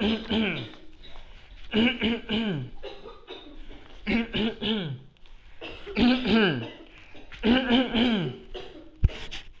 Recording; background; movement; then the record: throat clearing; a bystander coughing; walking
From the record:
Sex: male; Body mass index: 20.6 kg/m2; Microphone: on the chest, facing the body